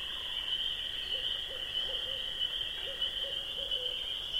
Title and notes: At the beginning of this excerpt you will hear a barred owl and the spring peeps from around 4 am